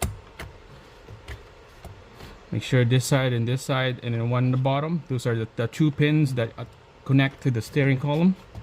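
A clock spring (steering wheel angle sensor/coil spring) assembly for a 2022+ Honda Civic is handled while its two locating pins, one on the side and one on the bottom, are lined up with the steering column. Short sharp handling ticks are heard at 0.0 and 0.4 s, then someone talks from about 2.5 s to the end. Nothing has seated or clicked yet.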